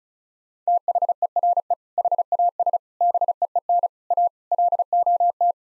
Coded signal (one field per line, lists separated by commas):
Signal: Morse code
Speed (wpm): 36 wpm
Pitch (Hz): 700 Hz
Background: none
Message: THERE HAS BEEN A LOT